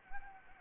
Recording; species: mosquito wingbeat signal from an infrared sensor; Anopheles gambiae